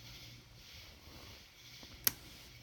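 Pin one in a pin tumbler lock core had dropped and is nudged back up to the shear line while the lock is picked under light tension. A low hum and faint background sounds lead to one sharp, bright click at 2.1 s as the pin sets, and it is confirmed seated.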